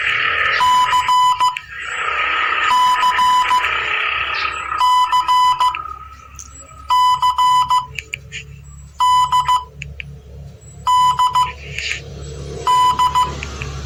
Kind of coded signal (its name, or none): Morse code